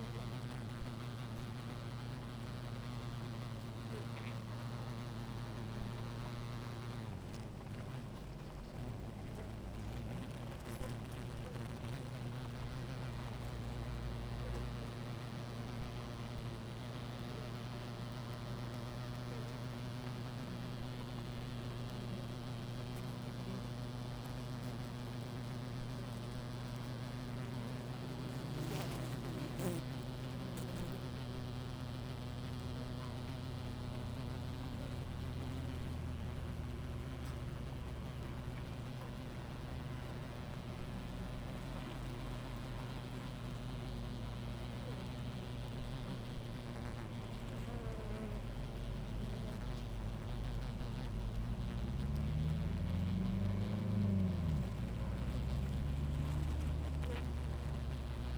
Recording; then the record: honeybee colony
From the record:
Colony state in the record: active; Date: 28 July 2017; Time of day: 17:15